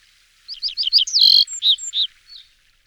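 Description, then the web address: Red-breasted flycatcher song: a quick run of high, slurred notes, a louder, fuller note in the middle, then a few clear falling whistles to finish. Recorded in 2004. "gesang. roche 2004 zwergschnaepper"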